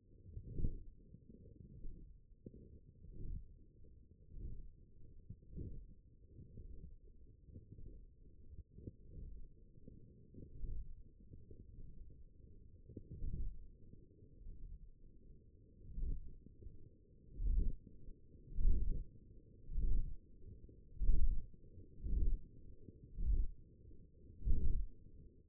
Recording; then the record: forearm muscle sounds (acoustic myography)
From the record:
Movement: forearm supination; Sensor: system 1, eight BSWA MPA416 microphones around the upper forearm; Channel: 7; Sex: male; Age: 21 years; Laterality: right